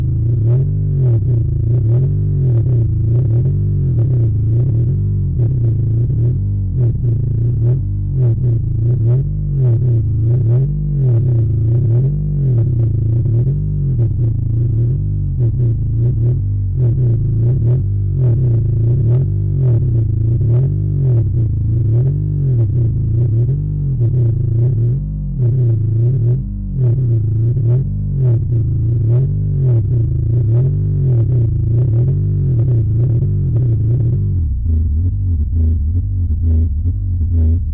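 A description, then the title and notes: One long, low D is held on a string, a dense, buzzy drone with a slow wavering pulse running through it. Faint ticks and scratches of the bow crackle over the top. Near the end the tone shifts and thins slightly before carrying on. One long low D.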